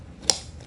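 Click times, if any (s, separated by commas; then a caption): 0.3 s. A plastic remote-control holder is slid onto a small bracket on the side of a Golden EZ Slim PR 750 lift recliner. A single sharp, bright click sounds at 0.3 s over a quiet background. The holder is seated, clicked in place.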